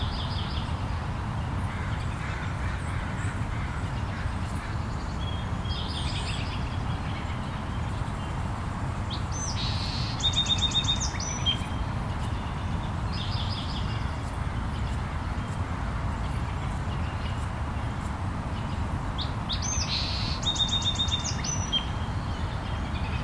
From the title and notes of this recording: I recorded some bird sounds at Meadowbrook Park, Seattle, early in the morning.